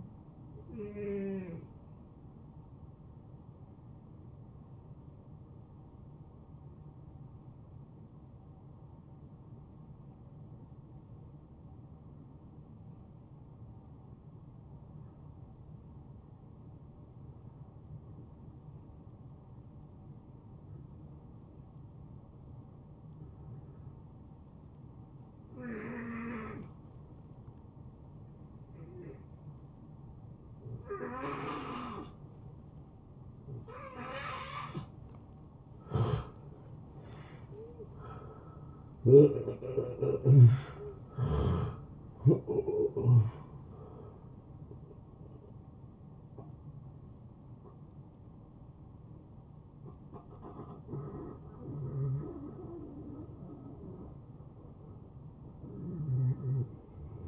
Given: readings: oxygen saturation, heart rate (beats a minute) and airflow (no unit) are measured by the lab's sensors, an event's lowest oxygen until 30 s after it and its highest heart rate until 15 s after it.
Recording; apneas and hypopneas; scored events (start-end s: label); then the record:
breathing in sleep by a smartphone at the bedside; 1
6.00-36.60 s: hypopnea (N1, oxygen 92% highest, then 80% lowest, heart rate 75 at the start, 86 highest)
From the record:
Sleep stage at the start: N1 (lightest sleep); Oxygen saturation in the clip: 79 to 92%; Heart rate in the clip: 72 to 86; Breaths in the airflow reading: 9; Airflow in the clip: -23.6 to 12.6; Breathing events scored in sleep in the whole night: 263 in 5.5 hours asleep